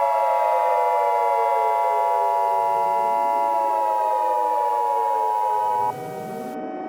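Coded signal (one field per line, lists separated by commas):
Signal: Emergency Alert System (SAME) tones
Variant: 853 and 960 Hz attention tone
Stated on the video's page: Fictional EAS scenario.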